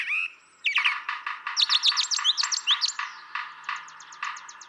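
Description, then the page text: Brown thrasher song: a dense run of rapid buzzy and slurred notes. Same male throughout, one of several selections totalling about three and a quarter hours from him; repertoire estimated at about 1300 songs; Atlanta, Michigan, 28 March 2017. "Brown thrasher. ♫411. March 28, 2017. Atlanta, Michigan"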